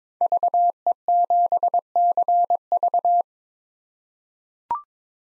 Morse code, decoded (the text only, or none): VE7CV